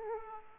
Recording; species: mosquito wingbeat signal from an infrared sensor; Aedes aegypti